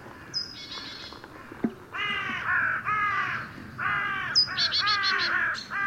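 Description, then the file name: Carrion crow giving drawn-out, rasping caws in an irregular run, with high thin chirps and whistles from another bird over the start and end. "Corvus corone"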